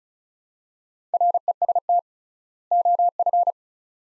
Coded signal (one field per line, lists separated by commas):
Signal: Morse code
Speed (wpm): 34 wpm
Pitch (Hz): 700 Hz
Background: none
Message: REST OF